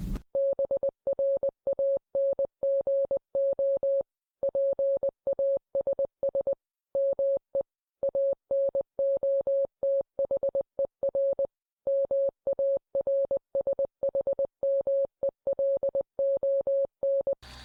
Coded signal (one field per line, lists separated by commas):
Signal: Morse code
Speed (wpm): 20 wpm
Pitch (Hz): 550 Hz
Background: none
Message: BRANGO PASS ME ANOTHER MARSHMELON